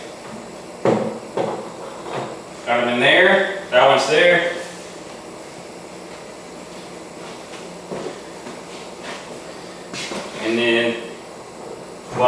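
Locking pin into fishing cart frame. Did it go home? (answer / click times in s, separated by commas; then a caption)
no / none. A locking pin is handled near its hole in a fishing cart frame, where it is meant to slide in and lock the frame in place. Someone talks over a sharp knock at 0.9 s and a few light handling taps. Nothing has seated or clicked yet.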